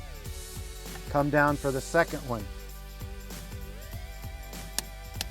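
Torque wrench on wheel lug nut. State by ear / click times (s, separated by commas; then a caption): torque reached / 4.8 s, 5.2 s. A click-type torque wrench is moved down to the second lug nut on a wheel and pulled until it clicks at its setting, while someone talks over background music. Sharp clicks sound at 4.8 s and 5.2 s, confirming the second lug nut has reached its torque setting.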